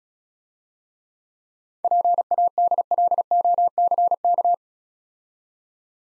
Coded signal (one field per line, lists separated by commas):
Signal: Morse code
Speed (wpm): 34 wpm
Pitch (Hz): 700 Hz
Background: none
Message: PADLOCK